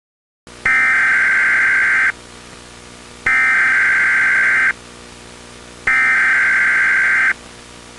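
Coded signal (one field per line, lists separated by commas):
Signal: Emergency Alert System (SAME) tones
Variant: header bursts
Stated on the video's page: Fictional analog-horror recreation of a hijacked 1983 Emergency Broadcast System transmission.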